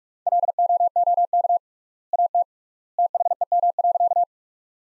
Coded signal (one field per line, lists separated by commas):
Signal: Morse code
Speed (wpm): 47 wpm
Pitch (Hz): 700 Hz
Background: none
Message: LOOK AT THEM.